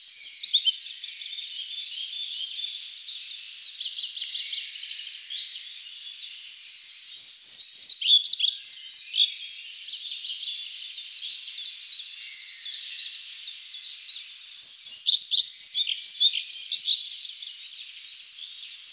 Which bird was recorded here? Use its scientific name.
Ficedula hypoleuca